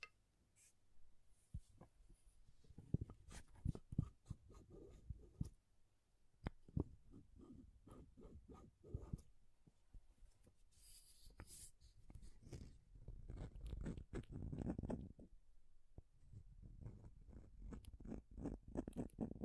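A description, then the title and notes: Slime and crayon sounds with tapping: a busy run of sharp clicks and soft squelchy pops, mostly low and dense. Brief bright scratchy strokes appear around ten to twelve seconds, and the texture thickens into fuller squishing from about thirteen seconds on. Slime Sounds Crayon Sounds + Tapping. Some various mixed sounds.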